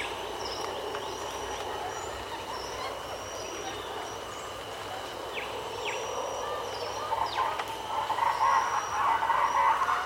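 Wedge-capped capuchin calls: chattering notes building near the end, with a constant insect whine and thin high notes earlier.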